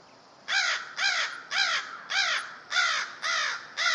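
Crow giving seven loud, hoarse caws in steady succession, roughly two each second, with a quiet background.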